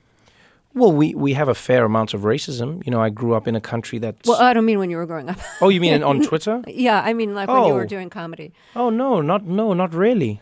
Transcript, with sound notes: Well, we have a fair amount of racism. You know, I grew up in a country that...
I don't mean when you were growing up (laughter).
Oh, you mean on Twitter?
Yeah. I mean, like when you were doing comedy.
Oh, no, not really.